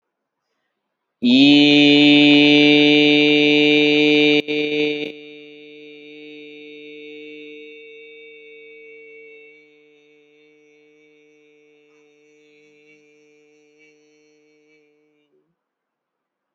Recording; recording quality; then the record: sustained vowel as in beet; excellent, no background noise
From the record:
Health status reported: healthy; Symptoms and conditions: none ticked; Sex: male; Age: 36 years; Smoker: not ticked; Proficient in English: yes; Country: India